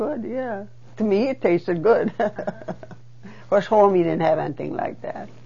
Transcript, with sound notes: Yeah. To me it tasted good. (She laughs.) At home you didn't have anything like that.